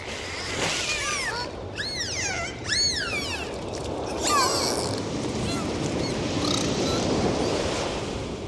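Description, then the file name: Dolphin whistles, looping rising-and-falling squeals in quick succession over a constant hiss. "Zvuki Prirody - Vesyolye Delfiny"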